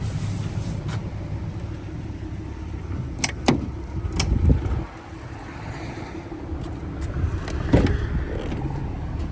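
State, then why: Seated. A wheelchair tie-down strap fitting is set into the metal floor track of a 2015 Chrysler Town & Country Rollx wheelchair-conversion minivan, with a steady vehicle hum in the background. Sharp clicks are heard at 3.2, 3.5 and 4.2 seconds as the tie-down seats into the floor track.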